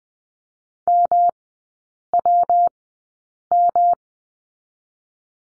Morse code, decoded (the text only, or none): MWM